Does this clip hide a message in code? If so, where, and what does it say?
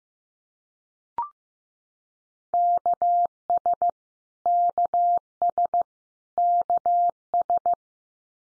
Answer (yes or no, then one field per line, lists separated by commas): yes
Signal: Morse code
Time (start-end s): 2.5-7.7 s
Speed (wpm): 15 wpm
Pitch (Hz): 700 Hz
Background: none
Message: KS KS KS